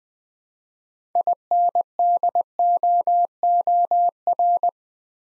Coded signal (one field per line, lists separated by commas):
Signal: Morse code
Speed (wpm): 20 wpm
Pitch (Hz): 700 Hz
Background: none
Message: INDOOR